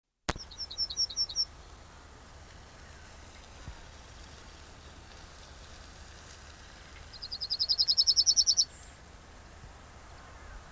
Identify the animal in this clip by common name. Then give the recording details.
Yellowhammer. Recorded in the wild. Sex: male. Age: adult. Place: Lübars (Fließtal), Berlin, DE. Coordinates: 52.6167, 13.35. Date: 2000-05-13 18:02. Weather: sonnig, 21°C. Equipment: Nagra SN, Kopie Uher 4000 Report Monitor. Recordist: Tembrock, Günter